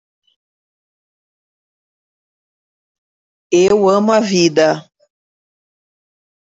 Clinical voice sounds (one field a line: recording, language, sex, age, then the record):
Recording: spoken sentence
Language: Brazilian Portuguese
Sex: female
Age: 40 to 49 years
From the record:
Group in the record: control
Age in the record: 43 years